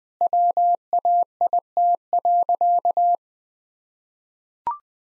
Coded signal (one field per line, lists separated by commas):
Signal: Morse code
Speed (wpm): 20 wpm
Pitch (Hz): 700 Hz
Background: none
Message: WAIT.